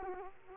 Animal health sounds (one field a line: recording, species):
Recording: mosquito wingbeat signal from an infrared sensor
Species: Culex quinquefasciatus